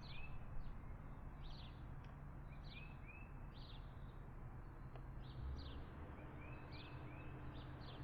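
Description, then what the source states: Bird calls, bright rising chirps and short downward notes in quick succession, with a constant hum of cars in the background. Outdoor ambience with passing cars.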